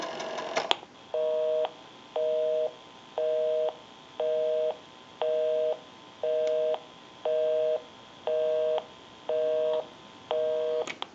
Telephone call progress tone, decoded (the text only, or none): busy tone